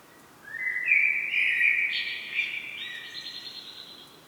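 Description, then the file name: Common blackbird song phrase of mellow rising whistles that climbs into a thinner, higher warbling finish. "Turdus merula"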